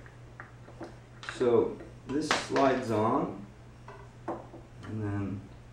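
A speedometer drive is handled for fitting onto the front wheel hub of a Royal Enfield Continental GT 650 motorcycle, with light handling taps and small clicks heard while someone talks. Nothing has seated or clicked into place yet.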